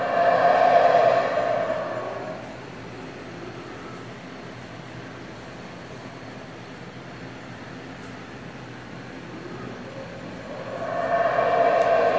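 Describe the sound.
Howler monkeys letting out loud, rasping roars at the start, then a lower rumbling lull before the roaring swells again near the end.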